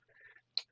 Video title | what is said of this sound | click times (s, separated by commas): Mountain Leverage - Rehabbing Honeywell Voice SRX Headbands | extra final turn there you'll hear it you'll hear it click and and now this is | 0.6 s